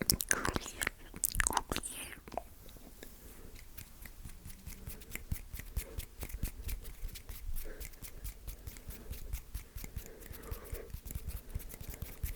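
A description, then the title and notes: Wet mouth sounds: quick clicks and smacks repeat steadily, several each second, crisp and bright. The first two seconds are busier and louder, with a burst of denser crackling, before settling into an even, snipping rhythm. ASMR Mouth Sounds For People Without Headphones.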